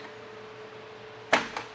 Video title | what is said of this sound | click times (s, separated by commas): etrailer - Will the Kuat Piston Pro X Bike Rack for 2 Bikes Fit Your 2023 Kia Sorento? | and the way we do that is just by lifting up on the rack until it clicks into place | 1.3 s